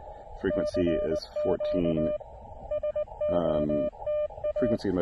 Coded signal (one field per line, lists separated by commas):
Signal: Morse code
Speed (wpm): 19 wpm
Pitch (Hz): 590 Hz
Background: speech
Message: CQ SOTA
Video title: SOTA QRP DX with the Tufteln 20 Meter Delta Loop Antenna!